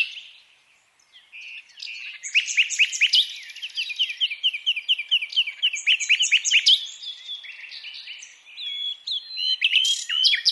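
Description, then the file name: Common nightingale singing a long run of repeated sharp, downslurred notes, then a run of varied chirps and whistles. "Luscinia megarhynchos"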